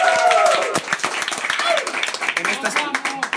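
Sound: audience applause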